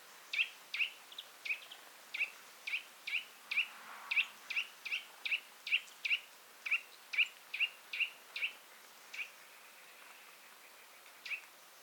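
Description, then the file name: Eurasian nuthatch calling a long, fairly even series of clear piping notes, about two a second, then pausing before one last note, over steady faint hiss. "Sitta europaea"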